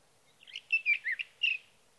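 Sage thrasher song fragment, a short burst of several warbled, slurred notes lasting about a second, clear against a quiet background.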